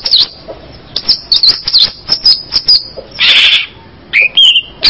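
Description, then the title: Long-tailed shrike song: a sequence of high scratchy chips, then a harsh rasping burst followed by a short whistled note. "Kicau Burung Pentet"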